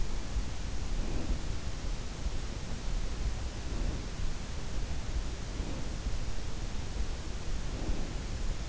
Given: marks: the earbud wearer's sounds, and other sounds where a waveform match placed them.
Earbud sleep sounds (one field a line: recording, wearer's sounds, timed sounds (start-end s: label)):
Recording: sounds in sleep by an in-ear microphone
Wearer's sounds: breath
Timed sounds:
0.75-2.17 s: breath
3.01-4.50 s: breath
5.40-6.31 s: breath
7.28-8.69 s: breath